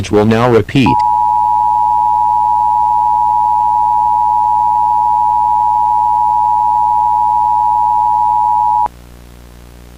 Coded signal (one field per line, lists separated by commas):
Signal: Emergency Alert System (SAME) tones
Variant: 853 and 960 Hz attention tone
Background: speech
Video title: EAS Mock - Nuclear Power Plant Warning